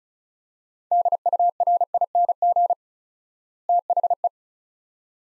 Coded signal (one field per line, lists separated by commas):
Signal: Morse code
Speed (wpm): 36 wpm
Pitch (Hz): 700 Hz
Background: none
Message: DURING THE